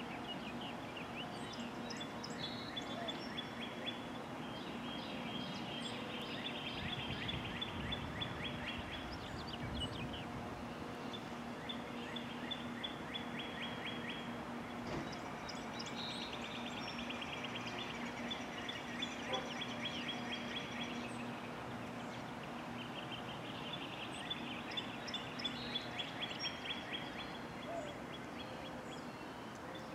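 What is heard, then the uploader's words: Daytime suburban outdoors with a steady low hum, birds chirping in repeated bright bursts, and faint passing traffic. Outdoors, Daytime, Clean, Suburbs by Bandeto. Ext. Outdoors, Daytime, Clean, Suburbs.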